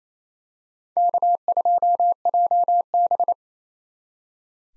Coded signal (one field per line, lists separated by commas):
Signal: Morse code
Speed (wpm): 28 wpm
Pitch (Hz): 700 Hz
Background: none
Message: K2JB